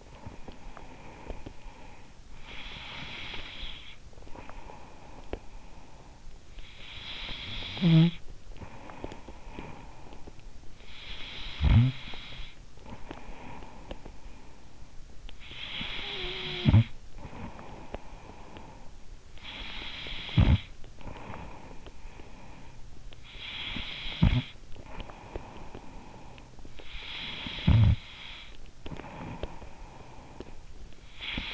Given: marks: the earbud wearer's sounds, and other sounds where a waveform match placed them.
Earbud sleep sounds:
sounds in sleep by an in-ear microphone; snoring breath, breath
0.00-2.23 s: snoring breath
2.23-6.73 s: breath
6.73-19.29 s: snoring breath
19.29-31.54 s: snoring breath

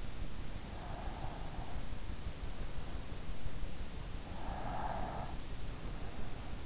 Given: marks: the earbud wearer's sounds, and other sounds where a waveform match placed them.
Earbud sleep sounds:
sounds in sleep by an in-ear microphone; breath
0.51-2.41 s: breath
3.99-5.76 s: breath

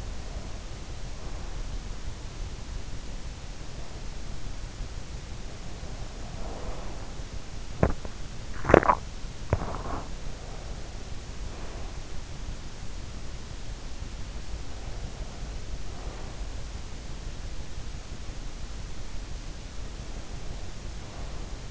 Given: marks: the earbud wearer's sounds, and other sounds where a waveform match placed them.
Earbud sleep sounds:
sounds in sleep by an in-ear microphone; breath, teeth grinding
0.00-1.94 s: breath
5.60-7.14 s: breath
7.60-10.23 s: teeth grinding
10.23-12.34 s: breath
14.40-16.40 s: breath
20.23-21.71 s: breath

